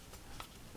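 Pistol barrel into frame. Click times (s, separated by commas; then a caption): 0.4 s. During reassembly of a Taurus TX22 pistol, the frame levers are pulled back and the barrel is slid into the pistol frame. A single short, sharp click stands out at 0.4 s against a quiet background. The barrel clicks into place and is seated in the frame.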